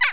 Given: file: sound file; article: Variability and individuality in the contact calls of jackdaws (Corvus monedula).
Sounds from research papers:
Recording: jackdaw call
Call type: harmonic

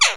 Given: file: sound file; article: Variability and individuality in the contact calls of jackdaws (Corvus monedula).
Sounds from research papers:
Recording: jackdaw call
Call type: harmonic

